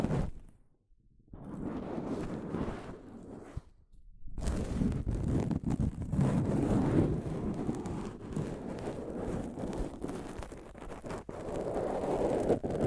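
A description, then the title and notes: Soft fabric brushes against a microphone, making dull, rumbling rustles and scrapes. A short burst opens, there is a brief near-silence around one second, and a pause near four seconds. From there the rubbing turns continuous and dense, with small swells and scratchy flicks until the end. ASMR Mic Brushing using Soft Fabric (No Talking).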